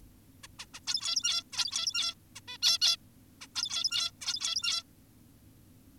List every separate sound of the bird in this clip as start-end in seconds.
0.44-0.47, 0.59-0.66, 0.74-0.80, 0.88-1.43, 1.53-2.15, 2.36-2.40, 2.48-2.58, 2.63-2.79, 2.82-2.97, 3.41-3.47, 3.56-4.11, 4.21-4.83